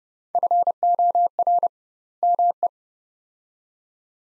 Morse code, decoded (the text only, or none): FOR ME